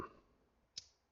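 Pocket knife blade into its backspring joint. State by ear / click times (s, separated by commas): seated / 0.8 s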